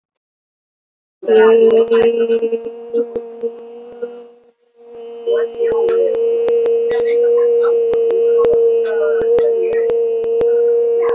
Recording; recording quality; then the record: sustained vowel as in made; moderate, slight background noise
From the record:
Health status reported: recovered from COVID-19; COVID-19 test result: positive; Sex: female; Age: 50 years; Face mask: worn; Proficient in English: yes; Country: India